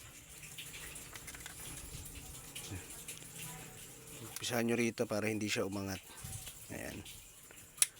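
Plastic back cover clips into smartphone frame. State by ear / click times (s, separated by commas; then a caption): seated / 7.8 s. During reassembly of a Vivo Y15 smartphone after an LCD replacement, the plastic back cover is pressed onto the phone frame starting at one edge so it does not lift, while someone talks over quiet handling noise. A sharp snap at 7.8 s marks the clip locking, showing the back cover is seated.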